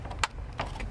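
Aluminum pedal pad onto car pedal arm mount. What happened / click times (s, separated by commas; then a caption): The clip snapped into place / 0.2 s. An aluminum Numeric Racing pedal pad for a 986/996 is pressed onto the car's pedal arm; with the top clip already seated, pressure snaps the bottom clip into place. A sharp click sounds at 0.2 s, followed by a softer knock around 0.6 s and light handling noise. The bottom clip is seated and the pedal pad is fully assembled.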